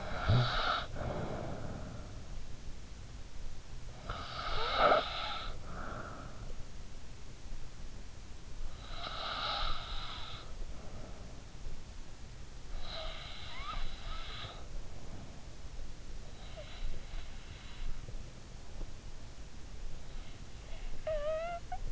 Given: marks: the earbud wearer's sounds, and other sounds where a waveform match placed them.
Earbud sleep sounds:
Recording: sounds in sleep by an in-ear microphone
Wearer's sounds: snoring breath, breath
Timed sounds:
0.00-8.07 s: snoring breath
8.07-15.38 s: breath
20.91-21.92 s: snoring breath

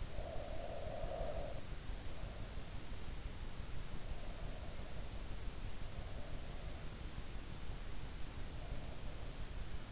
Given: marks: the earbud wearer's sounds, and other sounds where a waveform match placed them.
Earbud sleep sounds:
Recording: sounds in sleep by an in-ear microphone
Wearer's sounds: breath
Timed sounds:
0.00-1.99 s: breath

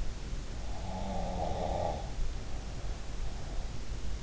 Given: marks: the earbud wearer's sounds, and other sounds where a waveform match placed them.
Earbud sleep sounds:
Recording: sounds in sleep by an in-ear microphone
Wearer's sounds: snoring breath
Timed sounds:
0.83-3.44 s: snoring breath

